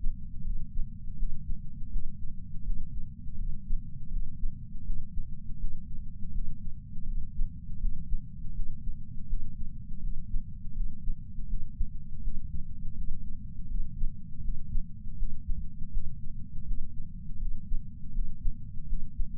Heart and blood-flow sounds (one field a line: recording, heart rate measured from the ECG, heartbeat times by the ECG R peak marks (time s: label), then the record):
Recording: heart sounds by patch sensor on the chest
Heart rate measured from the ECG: 81 bpm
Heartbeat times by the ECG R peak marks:
0.42 s: heartbeat
1.16 s: heartbeat
1.90 s: heartbeat
2.63 s: heartbeat
3.36 s: heartbeat
4.09 s: heartbeat
4.83 s: heartbeat
5.58 s: heartbeat
6.32 s: heartbeat
7.05 s: heartbeat
7.78 s: heartbeat
8.53 s: heartbeat
9.27 s: heartbeat
10.00 s: heartbeat
10.73 s: heartbeat
11.47 s: heartbeat
12.21 s: heartbeat
12.94 s: heartbeat
13.67 s: heartbeat
14.41 s: heartbeat
15.16 s: heartbeat
15.91 s: heartbeat
16.65 s: heartbeat
17.38 s: heartbeat
18.12 s: heartbeat
18.86 s: heartbeat
From the record:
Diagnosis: coronary artery disease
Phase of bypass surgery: postoperative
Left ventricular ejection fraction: 62.1%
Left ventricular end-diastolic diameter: 45 mm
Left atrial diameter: 35 mm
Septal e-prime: 9.8 cm/s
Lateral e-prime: 10.5 cm/s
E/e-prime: 7.1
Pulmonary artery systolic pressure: 25 mmHg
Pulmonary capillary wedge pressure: 8 mmHg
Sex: male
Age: 58 years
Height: 172 cm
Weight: 75 kg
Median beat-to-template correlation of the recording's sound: 0.93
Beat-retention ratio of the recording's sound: 0.99